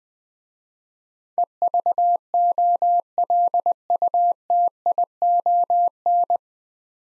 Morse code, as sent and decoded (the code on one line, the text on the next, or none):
. ...- --- .-.. ..- - .. --- -.
EVOLUTION